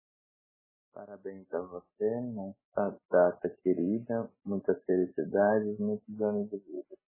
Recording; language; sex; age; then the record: short text; Brazilian Portuguese; male; 30 to 39 years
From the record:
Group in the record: control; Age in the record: 31 years